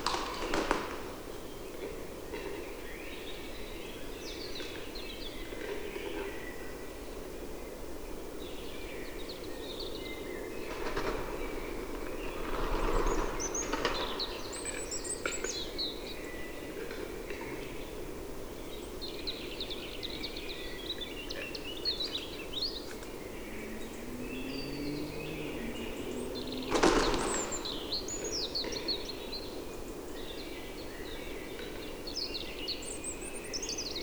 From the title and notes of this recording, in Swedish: Tjäderspelets ljudvärld. Här får du själv höra skogens alla ljud i slutet av april när tjäderspelet är på sin topp. Vi har spelat in en spelande tjädertupp med en Telinga SSM-mikrofon kopplad till en Olympus LS14.